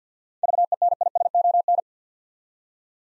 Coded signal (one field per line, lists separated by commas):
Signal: Morse code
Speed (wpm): 50 wpm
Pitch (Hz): 700 Hz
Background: none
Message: VENISON